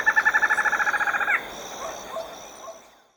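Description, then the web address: Lined antshrike song: a rapid run of nasal notes on one pitch, ending abruptly in a higher sharp note, followed by faint soft notes of other birds and a steady insect hiss. Ecuador. "Birds of Ecuador 25 Lined Antshrike"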